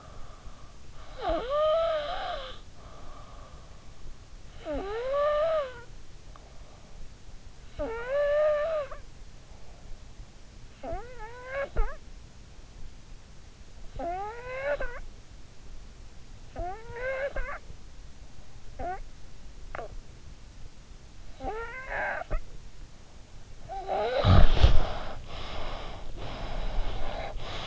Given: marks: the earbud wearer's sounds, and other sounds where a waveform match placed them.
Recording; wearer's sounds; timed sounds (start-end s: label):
sounds in sleep by an in-ear microphone; snoring breath, breath
0.00-7.12 s: snoring breath
7.13-26.13 s: snoring breath
26.13-27.67 s: breath